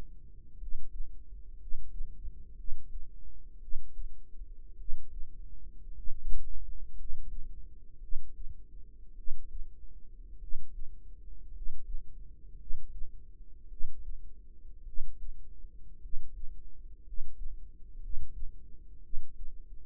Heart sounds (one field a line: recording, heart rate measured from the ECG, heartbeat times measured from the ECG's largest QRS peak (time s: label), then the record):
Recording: heart sounds by microphone in the right ear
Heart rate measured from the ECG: 55 bpm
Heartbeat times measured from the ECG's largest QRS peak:
0.57 s: heartbeat
1.57 s: heartbeat
2.55 s: heartbeat
3.58 s: heartbeat
4.76 s: heartbeat
5.92 s: heartbeat
6.95 s: heartbeat
7.99 s: heartbeat
9.14 s: heartbeat
10.38 s: heartbeat
11.51 s: heartbeat
12.56 s: heartbeat
13.67 s: heartbeat
14.83 s: heartbeat
15.99 s: heartbeat
17.03 s: heartbeat
17.99 s: heartbeat
19.00 s: heartbeat
From the record:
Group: healthy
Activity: rest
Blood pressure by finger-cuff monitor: 104/52 mmHg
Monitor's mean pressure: 65 mmHg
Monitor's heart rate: 53 bpm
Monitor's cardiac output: 5 L/min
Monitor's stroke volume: 92 mL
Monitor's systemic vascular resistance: 920 dyn s/cm5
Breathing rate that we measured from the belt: 11 breaths a minute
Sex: male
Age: 25 years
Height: 170 cm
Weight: 70.4 kg